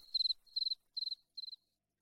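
Cricket chirping, four short high pulsed chirps, each made of three or four rapid pulses, then silence.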